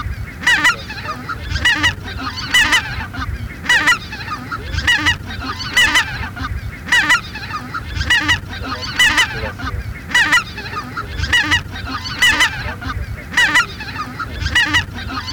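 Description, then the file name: Greater white-fronted goose calls, a repeated sequence of high, yelping honks in regular bursts over a steady low hiss. Lure recording for a hunting decoy caller device. "Белолобый Oca Lombardella"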